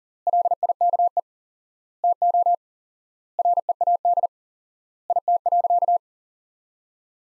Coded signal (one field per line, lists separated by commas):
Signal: Morse code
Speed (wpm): 40 wpm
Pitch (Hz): 700 Hz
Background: none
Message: LIKE TO READ IT.